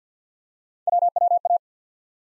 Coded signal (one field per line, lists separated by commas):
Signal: Morse code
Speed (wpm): 46 wpm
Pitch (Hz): 700 Hz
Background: none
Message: WWA